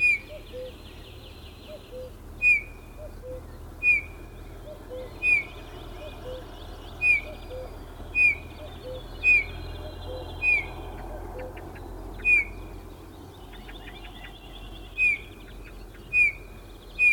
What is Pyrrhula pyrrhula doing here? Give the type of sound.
call